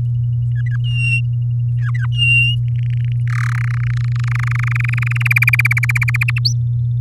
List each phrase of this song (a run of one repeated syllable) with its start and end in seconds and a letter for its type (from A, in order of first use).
0.51-0.76 A, 0.84-1.21 B, 1.79-2.06 A, 2.12-2.55 B, 2.68-3.12 C, 3.27-3.65 D, 3.67-5.28 E, 5.30-6.24 F, 6.28-6.39 G, 6.45-6.53 H